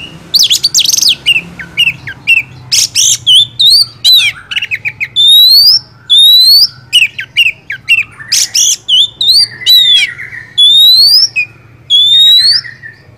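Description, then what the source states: Oriental magpie-robin song, a varied run of loud sweeping whistles, harsh notes and rising slurred phrases, nearly continuous. Masteran training song for songbirds; described as a champion kacer.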